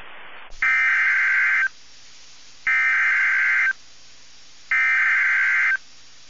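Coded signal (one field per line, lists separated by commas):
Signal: Emergency Alert System (SAME) tones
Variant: header bursts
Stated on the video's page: Alerts received from NOAA Weather Radio transmitters in Amarillo, Texas and Miami, Florida.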